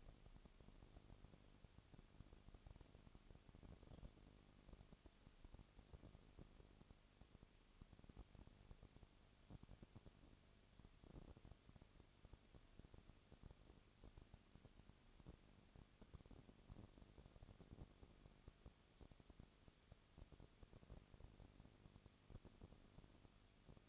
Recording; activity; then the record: daily activity, microphone in the room; no activity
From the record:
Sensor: 4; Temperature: 22.3 degrees Celsius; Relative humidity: 32.8%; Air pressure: 1002.0 hPa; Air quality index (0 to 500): 185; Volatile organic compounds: 4 ppm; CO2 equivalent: 1631 ppm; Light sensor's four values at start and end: 2/3/1/1 and 2/3/1/1